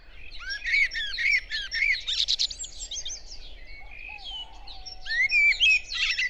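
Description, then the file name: Common blackbird song: warbled phrases and high twittering notes over a steady low background rumble. "Turdus merula"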